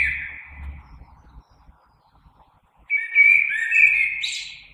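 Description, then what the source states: Common blackbird: the tail of one fluted phrase, a silent gap, then a new mellow warble that rises into a squeaky high twitter. Recorded 3 March 2020.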